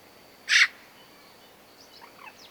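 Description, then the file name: Eurasian magpie giving one loud, grating squawk, followed by faint high notes. "Pica pica"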